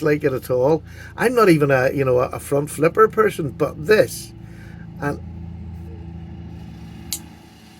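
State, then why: Seated. Someone talks over a steady low hum, then the blade of a front-flipper folding knife is flipped open and snaps out. At 7.1 s a single sharp snap is heard as the blade locks open against the liner lock in the handle, and it is seated.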